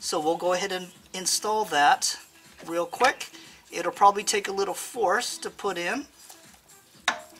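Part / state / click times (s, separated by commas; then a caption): DSG filter with O-rings into the dual-clutch transmission housing / seated / 7.1 s. A DSG filter with O-rings lubed with old transmission fluid is pushed with some force into its bore in the dual-clutch transmission housing on an Audi while someone talks. It clicks into place at 7.1 s with a short, sharp click, and the filter is seated.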